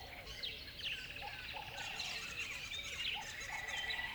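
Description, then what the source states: Birds singing in a dense chorus, many high chirps and whistled notes overlapping, with lower looping calls repeated beneath. Dawn chorus recorded in a river bed.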